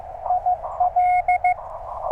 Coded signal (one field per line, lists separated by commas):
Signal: Morse code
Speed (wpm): 15 wpm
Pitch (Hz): 690 Hz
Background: radio noise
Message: IL